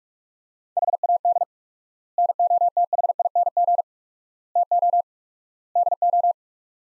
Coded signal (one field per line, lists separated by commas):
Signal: Morse code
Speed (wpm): 46 wpm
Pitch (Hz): 700 Hz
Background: none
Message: HAD NOTHING TO DO